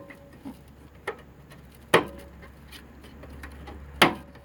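A thin stamped-metal rear I/O shield with sharp edges and bent tabs is pressed into the rear opening of a PC case from the inside, first at the top and then at the bottom. Two sharp snaps ring out at 1.9 s and 4.0 s, with fainter taps before them. Both the top and bottom seat, and the shield is held solid in place.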